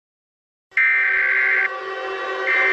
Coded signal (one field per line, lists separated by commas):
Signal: Emergency Alert System (SAME) tones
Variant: header bursts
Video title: EAS SCENARIO 30: Mega Baby Bowser